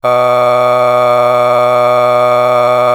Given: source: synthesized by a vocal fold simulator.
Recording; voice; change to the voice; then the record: sustained vowel; male; a random mix of aspiration noise, stiffness perturbation and strain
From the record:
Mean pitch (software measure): 123 Hz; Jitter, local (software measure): 0.89%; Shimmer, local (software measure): 6.6%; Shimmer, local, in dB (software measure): 0.58 dB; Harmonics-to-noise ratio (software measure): 15.9 dB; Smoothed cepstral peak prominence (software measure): 17.5 dB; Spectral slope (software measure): -14.8 dB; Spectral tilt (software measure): -9.6 dB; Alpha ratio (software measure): -5.2 dB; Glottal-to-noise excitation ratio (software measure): 0.950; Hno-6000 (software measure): 2.0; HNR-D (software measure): 28.1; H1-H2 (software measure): 1.8 dB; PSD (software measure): 8.9e-05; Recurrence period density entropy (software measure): 0.114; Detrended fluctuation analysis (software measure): 0.0314